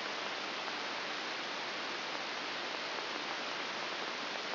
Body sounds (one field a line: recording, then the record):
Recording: brain microelectrode recording played as sound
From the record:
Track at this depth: inside the subthalamic nucleus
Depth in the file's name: 5.401 mm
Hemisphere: right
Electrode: 3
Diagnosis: Parkinson's disease